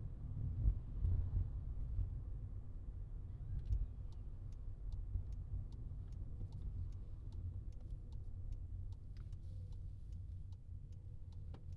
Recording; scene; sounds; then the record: everyday scene through a hearing-aid microphone; in a vehicle; engine, highway traffic jam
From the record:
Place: Skoda Fabia, gasoline engine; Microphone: in the ear canal, left